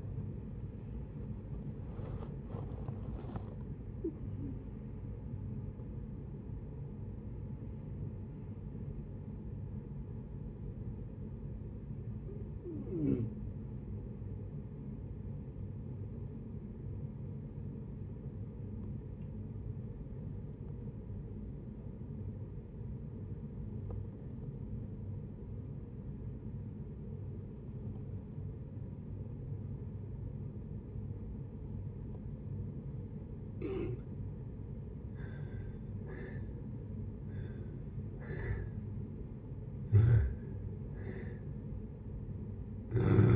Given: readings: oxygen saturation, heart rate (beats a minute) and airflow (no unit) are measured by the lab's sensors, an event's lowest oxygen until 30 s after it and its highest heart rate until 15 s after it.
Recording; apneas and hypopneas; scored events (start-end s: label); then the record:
breathing in sleep by a smartphone at the bedside; 1
18.00-38.90 s: obstructive apnea (N1, oxygen 97% highest, then 78% lowest, heart rate 64 at the start, 71 highest)
18.00-43.36 s: new sleep stage, N2 (light sleep)
From the record:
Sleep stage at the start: N1 (lightest sleep); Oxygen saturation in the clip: 83 to 97%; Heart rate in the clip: 57 to 82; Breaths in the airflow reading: 6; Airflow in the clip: -9.6 to 14.4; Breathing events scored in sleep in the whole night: 496 in 5.4 hours asleep